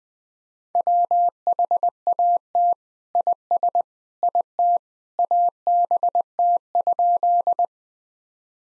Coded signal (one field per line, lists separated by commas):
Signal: Morse code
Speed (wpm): 21 wpm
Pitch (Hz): 700 Hz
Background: none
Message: WHAT IS IT ABT?